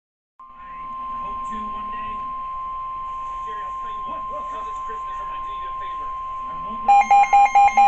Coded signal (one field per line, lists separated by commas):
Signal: Emergency Alert System (SAME) tones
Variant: 1050 Hz attention tone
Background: speech